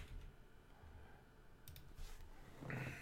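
A few short, crisp clicks of a computer mouse as someone looks up a film's rating, spaced irregularly over a low background hum, with no one speaking.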